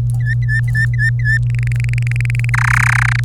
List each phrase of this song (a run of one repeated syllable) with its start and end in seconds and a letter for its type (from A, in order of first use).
0.00-0.01 A, 0.20-1.37 B, 1.43-2.50 C, 2.54-3.20 D